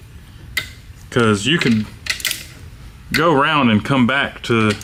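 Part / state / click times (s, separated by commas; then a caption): torque wrench on cylinder head bolt / torque reached / 0.6 s. A torque wrench tightening a head bolt on a billet liquid-cooled cylinder head of a Honda Odyssey FL350 gives a sharp click at 0.6 s as it reaches its torque setting. Someone talks through the rest of the clip, with a few softer taps around 2.1 to 2.3 s.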